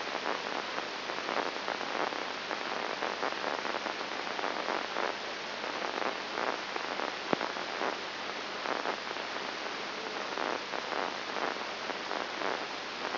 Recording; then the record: brain microelectrode recording played as sound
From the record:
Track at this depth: inside the subthalamic nucleus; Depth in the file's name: 2.304 mm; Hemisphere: left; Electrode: 3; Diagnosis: Parkinson's disease